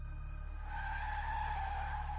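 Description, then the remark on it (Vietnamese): A car brakes hard and its tires let out a loud, sustained high-pitched screech over a low engine rumble, the squeal kicking in after a brief moment and holding steady. “Đang mãi suy nghĩ thì Tiện giật nảy người khi vừa có thứ gì đó đập mạnh vào kính xe trước, kèm theo tiếng phanh gấp cảm tưởng như cháy cả bánh xe của bác Tài.”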